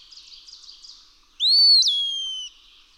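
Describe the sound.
Eastern wood-pewee singing a single whistled phrase that rises, jumps up briefly, then slides down in a long falling slur, after faint twittering from other birds.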